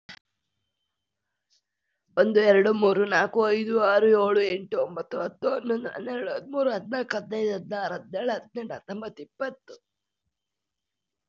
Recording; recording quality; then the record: counting at a fast pace; excellent, no background noise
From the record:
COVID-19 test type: RT-PCR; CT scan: not taken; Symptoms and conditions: cough, cold, sore throat, fatigue, muscle pain, loss of smell and taste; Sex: female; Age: 26 years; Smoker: no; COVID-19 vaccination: one dose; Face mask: worn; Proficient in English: yes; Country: India